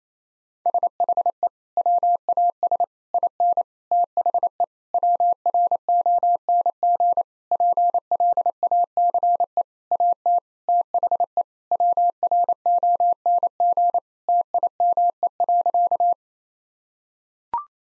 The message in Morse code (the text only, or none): SHE WAS IN THE WRONG PLACE AT THE WRONG TIME.